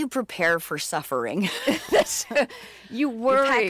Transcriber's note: laughter